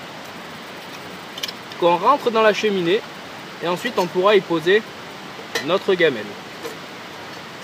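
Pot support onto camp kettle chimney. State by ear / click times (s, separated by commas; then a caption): seated / 1.4 s. A steel pot-support accessory is clipped onto the top of the chimney of a steel Kelly Kettle camp kettle, giving two sharp metallic hits in quick succession at 1.4 s and 1.4 s. The support clips on and seats, and someone talks afterward.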